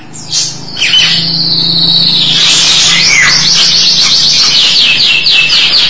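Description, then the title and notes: Starling song: a drawn-out whistle sliding into rapid, evenly repeated trilling notes. "suara burung jalak"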